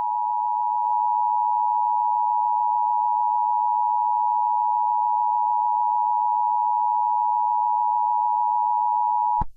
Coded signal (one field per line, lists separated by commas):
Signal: Emergency Alert System (SAME) tones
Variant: 853 and 960 Hz attention tone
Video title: EAS Scenarios #2 - 2020: Chapter Two